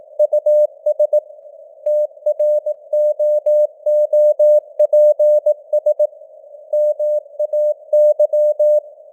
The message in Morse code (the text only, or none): US TROOPS MAY